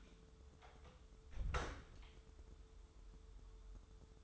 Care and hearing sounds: daily activity, microphone in the room; close door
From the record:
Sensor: 3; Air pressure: 1015.2 hPa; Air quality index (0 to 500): 106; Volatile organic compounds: 3 ppm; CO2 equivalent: 1478 ppm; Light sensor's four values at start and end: 15/39/16/17 and 15/39/16/17

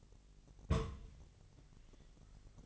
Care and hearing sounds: daily activity, microphone in the room; place on stove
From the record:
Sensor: 4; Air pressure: 1000.1 hPa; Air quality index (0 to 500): 233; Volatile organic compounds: 32 ppm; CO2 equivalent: 3007 ppm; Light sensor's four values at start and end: 9/20/8/8 and 9/20/8/8

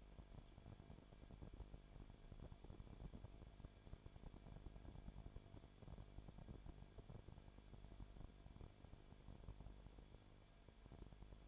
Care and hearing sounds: daily activity, microphone in the room; no activity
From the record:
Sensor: 5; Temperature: 19.8 degrees Celsius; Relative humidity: 33.3%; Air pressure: 1001.4 hPa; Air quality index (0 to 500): 31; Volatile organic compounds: 1 ppm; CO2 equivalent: 524 ppm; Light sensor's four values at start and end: 2/3/1/1 and 2/3/1/1

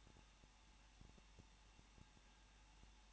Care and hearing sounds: daily activity, microphone in the room; no activity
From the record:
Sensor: 1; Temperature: 20.1 degrees Celsius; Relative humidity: 39.1%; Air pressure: 1006.5 hPa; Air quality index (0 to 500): 216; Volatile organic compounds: 73 ppm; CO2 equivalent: 3542 ppm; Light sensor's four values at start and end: 1/2/1/1 and 1/2/1/1

